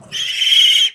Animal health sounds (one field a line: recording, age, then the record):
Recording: pig call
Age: piglet (1 to 25 days)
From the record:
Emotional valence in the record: negative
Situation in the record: long isolation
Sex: female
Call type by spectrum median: high-frequency call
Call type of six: mixed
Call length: 0.95 s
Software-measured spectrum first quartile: 2943 Hz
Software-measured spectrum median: 3158 Hz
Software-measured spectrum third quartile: 3458 Hz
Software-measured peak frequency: 3210 Hz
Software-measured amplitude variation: 181 dB a second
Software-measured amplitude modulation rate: 24.1 a second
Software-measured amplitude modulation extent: 7.5 dB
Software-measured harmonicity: 10.2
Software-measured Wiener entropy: -3.89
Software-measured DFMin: 956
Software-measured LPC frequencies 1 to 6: 2166, 3051, 3212, 5439, 6512, 8538 Hz